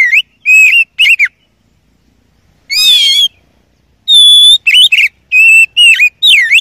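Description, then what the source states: Oriental magpie-robin song: loud, clear whistled notes and short slurred phrases in bursts, with a rich buzzy note after a pause. Champion (juara) song, used to teach other songbirds (masteran).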